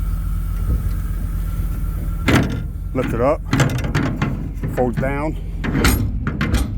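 A metal fold-down rear access ladder on a hopper-bottom trailer is lifted and folded down toward its locking bracket, with several sharp metallic clanks and knocks while someone talks. The ladder has not yet locked into place by the end of the clip.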